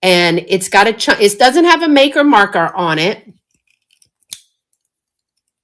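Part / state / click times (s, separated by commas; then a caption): hinged bangle bracelet catch closing into its clasp / seated / 4.3 s. Someone talks for the first few seconds, then a vintage cloisonne hinged bangle bracelet is closed by hand. A few faint ticks lead up to a single sharp snap at 4.3 s as its metal catch shuts into the clasp, and the catch is seated.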